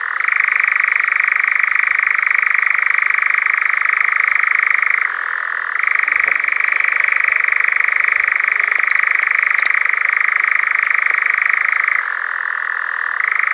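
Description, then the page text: European nightjar giving a long unbroken churr, a rapid dry trill that switches from a higher to a lower pitch level and back again. "European Nightjar Churring - Quick Sounds"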